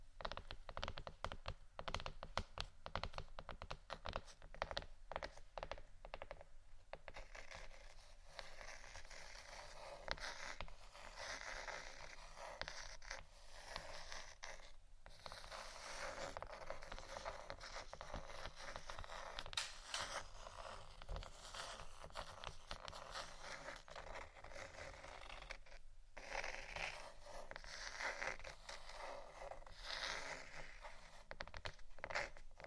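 Wooden items being tapped and scratched. The first seven seconds hold quick, dense taps in close succession; after that, rough scraping strokes run almost continuously, bright and grainy, with brief pauses near 15 and 26 seconds and a faint low hum beneath.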